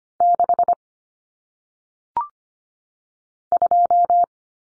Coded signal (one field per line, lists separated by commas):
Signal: Morse code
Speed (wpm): 25 wpm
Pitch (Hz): 700 Hz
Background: none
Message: 6 2